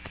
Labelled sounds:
American Redstart flight call

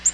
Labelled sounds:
Black-throated Green Warbler flight call

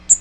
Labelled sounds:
Magnolia Warbler flight call

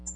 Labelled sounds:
American Redstart flight call

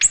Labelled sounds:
Ovenbird flight call

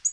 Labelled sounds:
Tennessee Warbler flight call

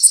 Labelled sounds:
Worm-eating Warbler flight call

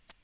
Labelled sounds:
Tennessee Warbler flight call

